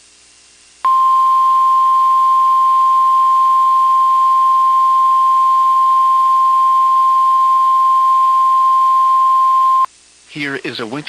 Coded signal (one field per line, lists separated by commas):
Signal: Emergency Alert System (SAME) tones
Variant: 1050 Hz attention tone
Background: speech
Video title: Every EAS alerts I've caught from January 2026 EAS #53-#58